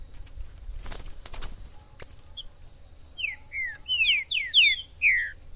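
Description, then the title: Green-winged saltator: rustling noise and a sharp snap open, then a phrase of several bright, slurred whistles. Wild bird singing in the forest, calling, singing and displaying as a male in a contest, used to stimulate a pet saltator; called Major. "ESQUENTAR Seu TRINCA Piando, Cantando E Macheando Na DISPUTA. TRINCA FERRO no MATO. Trinca ferro MAJOR no MATO"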